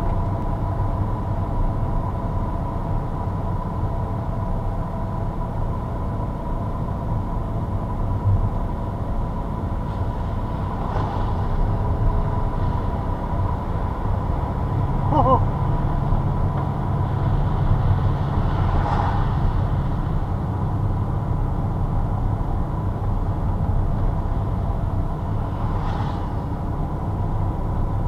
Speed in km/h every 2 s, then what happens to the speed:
32, 30, 32, 30, 26, 27, 32, 35, 35, 34, 34, 32, 33, 33.
0-9 slows to 26. 9-14 speeds up to 35. 14-28 steady at about 34.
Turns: 0-11.